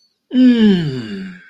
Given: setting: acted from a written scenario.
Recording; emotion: vocal sound without words; amusement